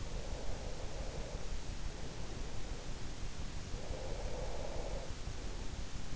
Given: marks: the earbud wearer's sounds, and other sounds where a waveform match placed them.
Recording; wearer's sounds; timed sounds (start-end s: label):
sounds in sleep by an in-ear microphone; breath
0.00-3.00 s: breath
3.81-5.79 s: breath